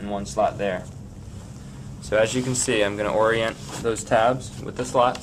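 Someone lines up the plastic tabs of a Graco crib's bassinet attachment with the two slots in the side of the crib before pushing them down. Someone talks over a steady low hum. Nothing has seated or clicked yet.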